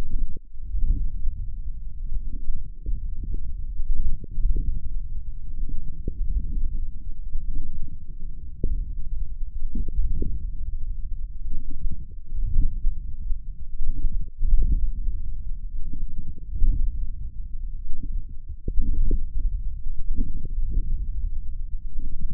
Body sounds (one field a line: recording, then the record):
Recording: forearm muscle sounds (acoustic myography)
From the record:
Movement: wrist flexion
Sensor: system 1, eight BSWA MPA416 microphones around the upper forearm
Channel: 8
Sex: male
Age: 42 years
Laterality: right